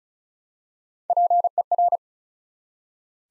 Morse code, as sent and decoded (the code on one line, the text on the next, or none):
.--. . .-.
PER